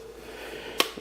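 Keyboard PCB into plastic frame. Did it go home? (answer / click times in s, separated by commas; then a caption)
yes / 0.8 s. A keyboard circuit board is pressed into its plastic frame and snaps in place with a single sharp click at 0.8 s. The board is seated. A softer tick follows near the end, over a faint steady background hum.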